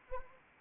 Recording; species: mosquito wingbeat signal from an infrared sensor; Anopheles arabiensis